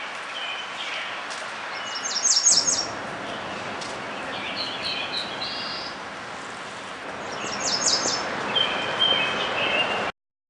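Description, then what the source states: Black-throated blue warbler song, buzzy high phrases near two seconds and again near eight seconds, over steady background hiss with fainter lower notes. Recorded in 2006.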